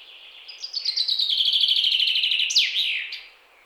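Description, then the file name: Common chaffinch song: a bright, rapid trill of repeated notes stepping down in pitch, ending in a sharp, sweeping flourish, over a faint steady background hiss. "Fringilla coelebs"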